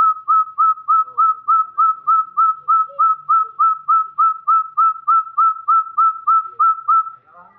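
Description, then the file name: Chestnut-bellied partridge giving a long, very regular series of short clear whistles, about three per second, holding one pitch throughout. Java. "suara puyuh gonggong jawa"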